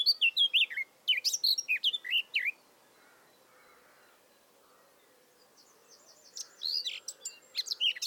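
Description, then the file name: Eurasian blackcap gives quick sweeping warbles, falls silent for a few seconds with soft background bird notes, then starts another phrase. "Sylvia atricapilla"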